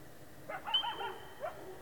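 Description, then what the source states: Coyote yipping howl in short wavering rising and falling notes, with a thin high frog peep held over it. Coyotes recorded late at night on March 30, 2012, together with spring peepers.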